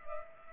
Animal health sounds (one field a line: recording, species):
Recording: mosquito wingbeat signal from an infrared sensor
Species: Culex pipiens